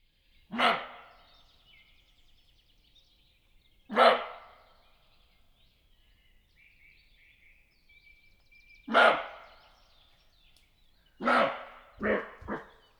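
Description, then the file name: Roe deer giving loud, rough single barks spaced several seconds apart, ending with a quick trio, while a thin bird whistle sounds in the gaps. "Chevreuil"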